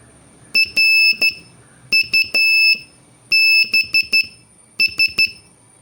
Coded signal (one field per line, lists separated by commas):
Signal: Morse code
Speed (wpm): 13 wpm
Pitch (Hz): 2650 Hz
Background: none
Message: RUBS